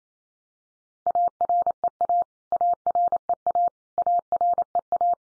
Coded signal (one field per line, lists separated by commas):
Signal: Morse code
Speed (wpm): 28 wpm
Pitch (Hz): 700 Hz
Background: none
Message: AREA AREA AREA